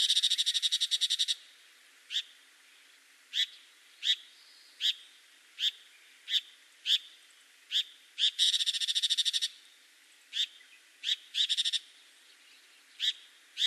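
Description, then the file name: Tiger shrike opening with a rapid grating chatter, then a series of separate rasping notes, a second chatter burst, and several more single notes. Fukushima, 9 June 2021. "chigomouzu fukushima abe"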